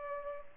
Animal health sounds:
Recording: mosquito wingbeat signal from an infrared sensor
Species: Culex pipiens

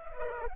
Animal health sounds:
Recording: mosquito wingbeat signal from an infrared sensor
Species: Culex pipiens

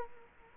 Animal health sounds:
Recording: mosquito wingbeat signal from an infrared sensor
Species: Culex quinquefasciatus

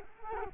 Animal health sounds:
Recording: mosquito wingbeat signal from an infrared sensor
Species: Culex quinquefasciatus

